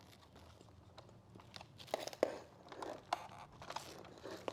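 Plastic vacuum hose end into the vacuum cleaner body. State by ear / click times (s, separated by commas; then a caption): seated / 2.2 s. The plastic bottom end of a replacement hose is lined up with the grooves on either side and slid into the body of a Dyson vacuum cleaner. Crunchy plastic scraping and several sharp clicks are heard, with the loudest snap at 2.2 s as the hose base seats into place.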